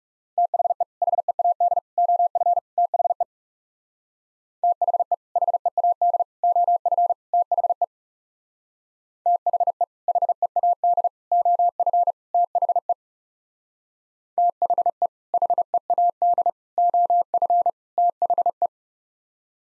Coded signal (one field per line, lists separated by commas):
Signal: Morse code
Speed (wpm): 36 wpm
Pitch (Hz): 700 Hz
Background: none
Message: THE HEAD OF THE THE HEAD OF THE THE HEAD OF THE THE HEAD OF THE